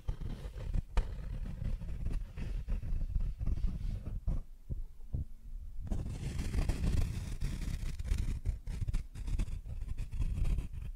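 Cardboard scraped and rubbed in dense, uneven strokes, low and rough, with sharp snaps near one and five seconds and a brief quieter pause.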